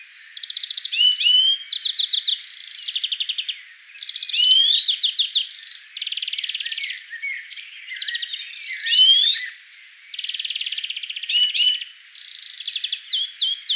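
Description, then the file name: European greenfinch song, rapid buzzy trills and twittering rolls alternating with chirps, continuing throughout with short pauses. "Chloris chloris"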